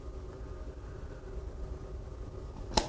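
A prefilled Cosentyx (secukinumab) autoinjector pen is pressed against prepared skin until its blue cap depresses, with only a low steady hum in the background. At 2.8 s the plastic mechanism gives a single sharp, loud click, the first of its two clicks, as the injection starts.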